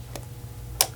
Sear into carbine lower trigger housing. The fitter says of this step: rotate it as we push there until we hear a click like that so